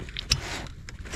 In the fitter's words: now it's snapped into place.